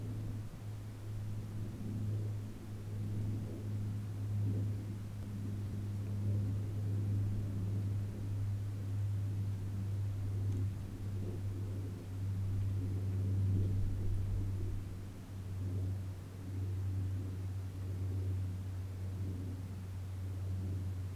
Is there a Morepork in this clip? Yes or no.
no